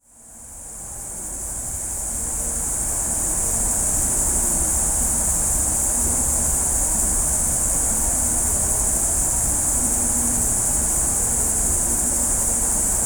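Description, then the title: Cicada chorus fading in over the first seconds, then a constant shrill high drone with a faint low rumble beneath. At night in Azzone, Italy; over 8 hours of recording compressed into 11 minutes. "Azzone di Notte (Cicale)"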